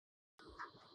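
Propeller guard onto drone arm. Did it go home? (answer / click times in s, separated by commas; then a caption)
no / none. A plastic propeller guard is pushed over the arm of a DJI Mavic Air drone. After silence, handling noise starts at about 0.4 s and peaks briefly near 0.6 s. Nothing has seated or clicked yet.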